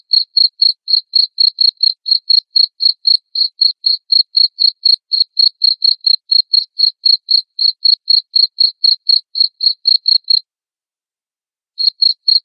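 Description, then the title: Cricket with loud, regular high-pitched chirps about four a second, a pause of over a second, then a few more chirps. Loud cricket chirping played to make lovebirds sing continuously. "Suara JANGKRIK NGERIK Keras Bikin LOVEBIRD Jadi NGEKEK Terus Vubey"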